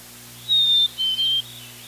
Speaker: My favorite sign of spring is the song of the black-capped chickadee, which is often heard on frigid days in February.